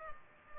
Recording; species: mosquito wingbeat signal from an infrared sensor; Culex pipiens